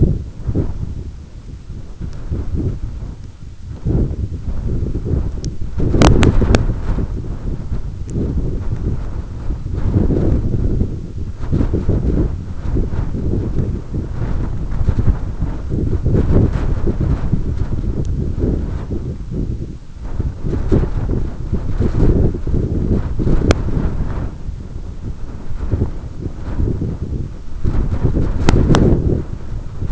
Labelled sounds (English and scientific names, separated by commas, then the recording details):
none
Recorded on Arctic tundra, site EABA-1, on 22 June 2018
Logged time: 14:00